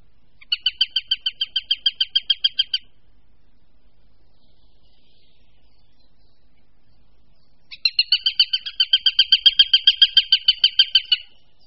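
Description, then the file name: Eurasian sparrowhawk calling with two bursts of quick, harsh repeated kek notes separated by a long silent gap. "Krahujec-obecný"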